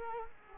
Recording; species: mosquito wingbeat signal from an infrared sensor; Culex quinquefasciatus